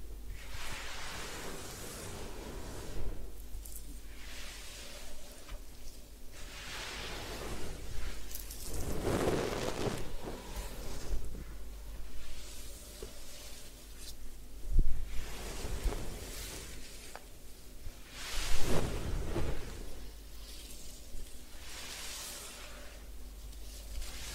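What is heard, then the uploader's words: Hair washing and scalp massage, with a steady low hum running underneath. Soft rustling and watery scrubbing swell and fade in waves every few seconds, with brief louder splashes or rubs near 9, 15 and 19 seconds. Head Spa Hair Wash, Massage, Ear Cleaning.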